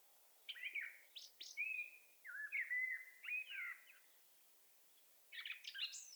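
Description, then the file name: Common blackbird song: mellow fluted warbling phrases rising and falling, then a brief high squeaky twitter near the end, in a quiet background. "Turdus merula"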